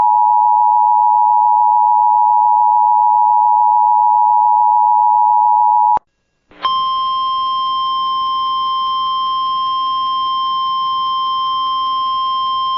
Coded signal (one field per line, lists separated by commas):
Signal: Emergency Alert System (SAME) tones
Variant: 853 and 960 Hz attention tone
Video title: EAS Snow Sqall Warning For Northeast Ohio Jan 27, 2026